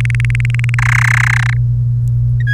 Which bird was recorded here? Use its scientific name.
Serinus canaria